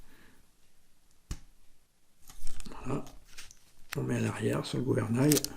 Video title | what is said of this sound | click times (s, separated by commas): Montage du MetaFly de chez Bionicbird ! Assemblage en moins de 10 mn chrono ! | affronte je crois proche pour vous entendez le clic | 1.3 s